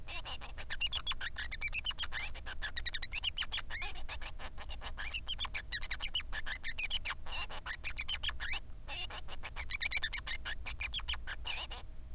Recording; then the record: song of a male Bengalese finch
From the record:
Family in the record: son of father 3